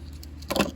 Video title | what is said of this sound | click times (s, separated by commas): How To Change Key Fob Battery 2018-2022 Toyota CAMRY | You hear the snap, and you're done. | 0.5 s, 0.6 s